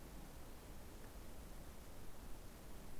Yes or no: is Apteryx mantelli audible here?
no